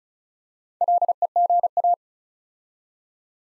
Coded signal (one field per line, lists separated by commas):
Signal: Morse code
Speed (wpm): 36 wpm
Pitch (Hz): 700 Hz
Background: none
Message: LEGA